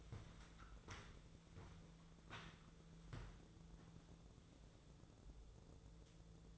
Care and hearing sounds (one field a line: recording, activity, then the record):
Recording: daily activity, microphone in the room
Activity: walk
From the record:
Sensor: 3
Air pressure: 1005.4 hPa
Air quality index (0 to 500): 93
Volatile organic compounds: 3 ppm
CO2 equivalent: 1450 ppm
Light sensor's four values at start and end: 10/24/10/9 and 10/24/10/9